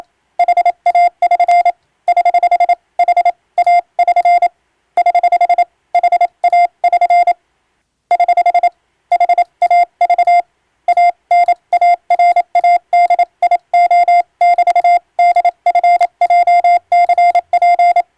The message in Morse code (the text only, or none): HA<SN> <HH> HA<SN> <HH> HA<SN> <HH> HAVANA RADIO <BT> DFJCP